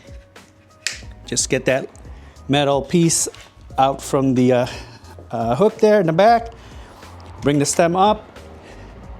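A TOOINS X2 electric scooter is being unfolded: the metal piece is taken off the hook at the back and the stem is brought up, with someone talking over music. Its metal folding lever, which locks the stem upright, has not yet been pushed closed, so nothing has seated or clicked yet.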